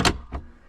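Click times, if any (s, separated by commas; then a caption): 0.0 s. A removed rear cab window glass panel from a GMC Sierra EV is slid side to side into its storage holder in the MultiPro MidGate. It snaps into its stowed position with a sharp click at 0.1 s, followed by a fainter, shorter tap at about 0.4 s. The glass is seated.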